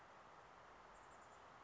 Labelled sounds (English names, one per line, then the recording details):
Chestnut-backed Chickadee
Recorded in Sonoma County, California